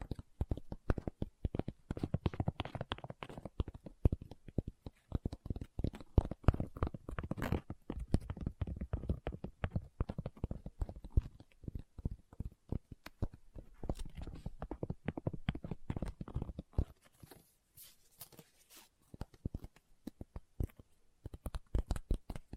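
Dense, irregular tapping and scratching on a book, fast sharp knocks throughout, thinning after fifteen seconds into lighter brushing like page turning.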